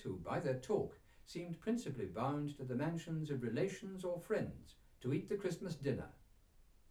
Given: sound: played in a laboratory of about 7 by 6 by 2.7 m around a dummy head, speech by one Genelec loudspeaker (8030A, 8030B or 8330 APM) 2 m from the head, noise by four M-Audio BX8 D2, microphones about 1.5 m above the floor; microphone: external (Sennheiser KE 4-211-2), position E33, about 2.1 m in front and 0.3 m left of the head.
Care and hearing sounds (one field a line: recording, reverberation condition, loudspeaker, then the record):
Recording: male speech in English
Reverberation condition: low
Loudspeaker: 120 degrees to the left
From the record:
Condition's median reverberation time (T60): about 310 ms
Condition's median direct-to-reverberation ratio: about 3.5 dB